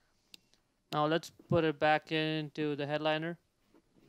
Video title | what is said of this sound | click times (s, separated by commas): How to Replace Interior Lights (COMPLETE GUIDE) - Hyundai Sonata (2011-2014) | Push the light in. Click in place. Everything looks good. | 0.3 s